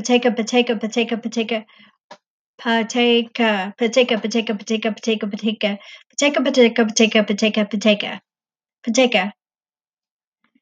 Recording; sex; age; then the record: repeated syllables /pa ta ka/; female; 40 to 49 years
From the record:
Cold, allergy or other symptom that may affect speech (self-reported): no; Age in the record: 41 years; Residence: Texas, United States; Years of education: 14